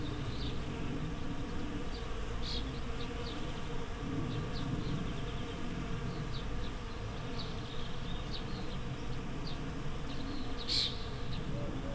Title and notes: Słoneczna 9, 41-106 Siemianowice Śląskie, Polska - Pszczoły w rzepaku. Sobota, 18 maja 2019. Pszczoły w rzepaku. Szpaki, gołębie, kawki, samolot i piła w tle. Nagrania terenowe Siemianowic Śląskich - Dźwiękowy Portret Miasta